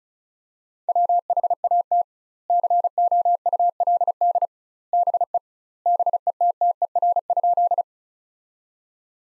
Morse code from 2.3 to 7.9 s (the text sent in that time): COULD BE BETTER?